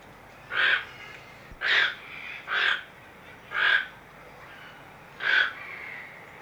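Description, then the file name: Toco toucan uttering five harsh, nasal croaks against a quiet steady background hiss. Captive bird at a zoo in Amsterdam. "Artis, toko toekan - Sound Cloud - Beeld en Geluid"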